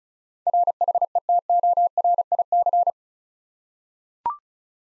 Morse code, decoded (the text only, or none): RHETORIC